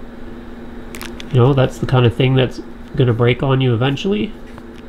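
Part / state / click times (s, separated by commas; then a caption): rubber dust cover into flashlight charging port / not seated / none. A rubber dust cover for the charging port of a ThruNight TC15 flashlight, attached by a ring around the body, is being handled while someone talks, with a few faint short ticks early on. Nothing has seated or snapped into the port yet.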